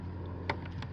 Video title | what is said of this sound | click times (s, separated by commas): Hayward TriVac 500 Not Moving: Installing the Timer/Valve Kit | snaps into place | 0.5 s